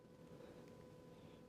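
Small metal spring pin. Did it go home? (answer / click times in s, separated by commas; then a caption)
no / none. One end of the quick-release spring-bar pin on the long strap piece of an Amaztim Tank T3 smartwatch is inserted into the watch case lug, and the quick-release is pulled back while the strap is lined up. Only a steady low background hum is heard, with no distinct hits. Nothing has seated or clicked yet.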